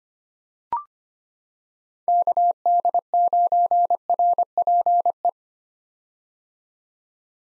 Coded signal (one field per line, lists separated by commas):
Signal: Morse code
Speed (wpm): 25 wpm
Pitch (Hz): 700 Hz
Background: none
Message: KD9RPE